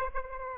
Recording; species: mosquito wingbeat signal from an infrared sensor; Aedes aegypti